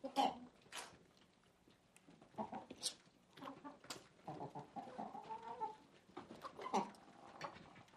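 Chickens giving scattered clucks and short calls, with some sharp clicks and rustling between them.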